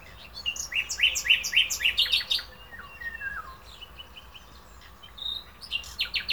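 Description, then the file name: Common nightingale song: a fast series of sharp, downslurred notes repeated about four per second, then a sliding descending whistle, and another burst of quick notes at the end. "Luscinia megarhynchos"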